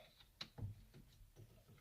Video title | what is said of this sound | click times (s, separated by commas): 1993 Chevy K1500 - Interior door handle repair | give them a nice little shove until they click in place and | 0.4 s